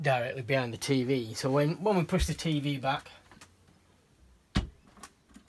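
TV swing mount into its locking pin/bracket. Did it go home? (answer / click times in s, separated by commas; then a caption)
yes / 4.6 s. Someone talks while a TV on a swing-out wall/shelf mount in a camper truck is pushed back toward the wall. The mount's locking pin engages with a single sharp click at 4.6 s, followed by a few faint knocks. The TV mount is locked into place.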